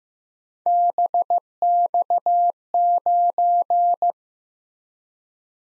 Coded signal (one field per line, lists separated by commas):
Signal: Morse code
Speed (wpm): 18 wpm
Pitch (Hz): 700 Hz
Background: none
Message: BX9